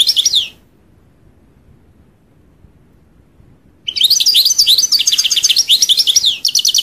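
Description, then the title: European goldfinch song: a brief twitter, silence, then a long run of rapid, bright tinkling notes and short trills. "Chant Chardonneret"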